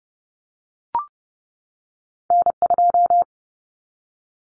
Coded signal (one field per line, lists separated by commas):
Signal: Morse code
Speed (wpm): 30 wpm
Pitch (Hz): 700 Hz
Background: none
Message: N2